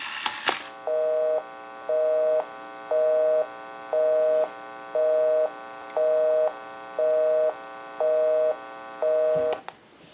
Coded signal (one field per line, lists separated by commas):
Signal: telephone call progress tone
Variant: North America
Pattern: busy tone